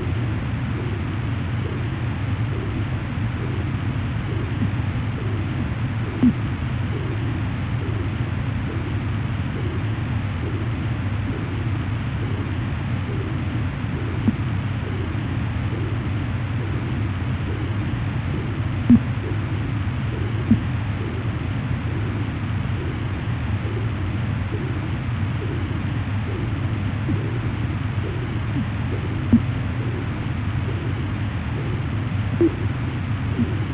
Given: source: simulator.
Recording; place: transcranial Doppler ultrasound of blood flow; internal carotid artery (ICA)